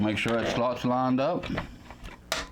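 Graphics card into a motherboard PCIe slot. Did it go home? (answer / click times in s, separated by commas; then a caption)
yes / 2.3 s. Someone talks as an XFX 580 8GB graphics card is pushed down into the PCIe slot of a B450M DS3H motherboard in a Cooler Master MasterBox Q300L build. A couple of faint ticks come first, then the slot's retention clip gives a sharp click at 2.3 s as the card seats.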